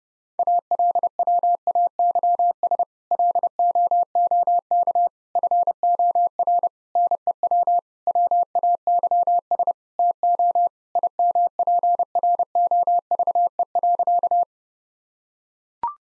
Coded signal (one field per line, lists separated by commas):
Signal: Morse code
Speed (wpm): 30 wpm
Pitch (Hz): 700 Hz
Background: none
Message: ALWAYS LOOK FOR NEW WAYS TO IMPROVE.